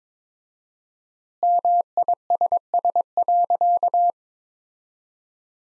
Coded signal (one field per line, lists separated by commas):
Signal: Morse code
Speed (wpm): 22 wpm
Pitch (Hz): 700 Hz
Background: none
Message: MISS.